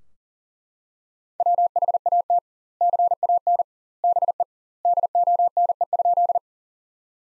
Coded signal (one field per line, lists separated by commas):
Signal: Morse code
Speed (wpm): 40 wpm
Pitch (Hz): 700 Hz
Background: none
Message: WHAT CAN BE DONE?